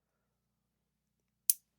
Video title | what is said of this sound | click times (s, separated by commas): Building The 3Racing Sakura D6 GA Red Chassis | Nice. Can even hear it audibly click. | 1.5 s